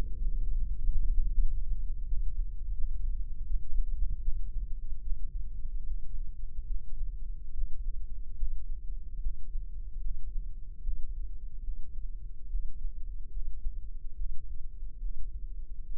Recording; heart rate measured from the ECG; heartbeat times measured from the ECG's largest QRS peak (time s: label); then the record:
heart sounds by microphone in the left ear; 77 bpm
0.21 s: heartbeat
0.84 s: heartbeat
1.30 s: heartbeat
2.06 s: heartbeat
2.72 s: heartbeat
3.44 s: heartbeat
4.20 s: heartbeat
4.99 s: heartbeat
5.84 s: heartbeat
6.64 s: heartbeat
7.51 s: heartbeat
8.35 s: heartbeat
9.18 s: heartbeat
9.98 s: heartbeat
10.81 s: heartbeat
11.61 s: heartbeat
12.47 s: heartbeat
13.29 s: heartbeat
14.13 s: heartbeat
14.98 s: heartbeat
15.83 s: heartbeat
From the record:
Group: healthy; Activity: breath hold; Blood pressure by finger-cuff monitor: 96/57 mmHg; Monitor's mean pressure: 72 mmHg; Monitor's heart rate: 74 bpm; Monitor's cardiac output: 6.3 L/min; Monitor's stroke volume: 84 mL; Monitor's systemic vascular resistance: 790 dyn s/cm5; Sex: female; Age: 26 years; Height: 165 cm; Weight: 55 kg